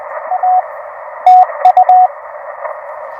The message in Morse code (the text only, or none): A TU